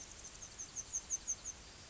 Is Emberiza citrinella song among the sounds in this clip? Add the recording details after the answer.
yes. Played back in grassland. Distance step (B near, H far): F. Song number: 002